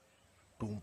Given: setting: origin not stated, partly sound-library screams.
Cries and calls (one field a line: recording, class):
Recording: one-second piece from a danger detection set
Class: normal situation